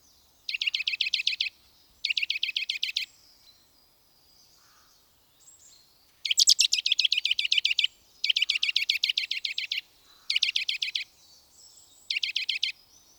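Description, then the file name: Eurasian nuthatch giving rapid trilled bursts of sharp piping notes, six bursts with short pauses between them except a gap of about three seconds after the second. "Sitta europaea"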